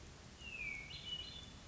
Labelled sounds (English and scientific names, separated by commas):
Hermit Thrush (Catharus guttatus)